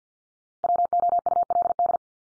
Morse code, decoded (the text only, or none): WOULD